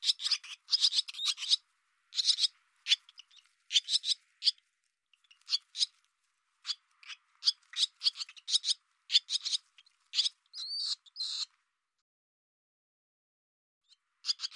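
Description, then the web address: Barn swallow calls: clusters of harsh, scratchy notes separated by pauses, with a quiet stretch near the end. "cianscape birddata Deverinetal 2025"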